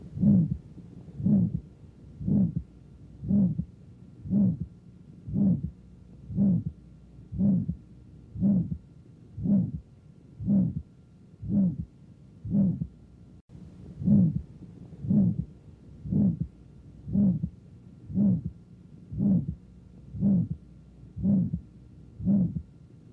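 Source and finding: Heart by stethoscope. Aortic stenosis murmur at the apex (Gallavardin phenomenon).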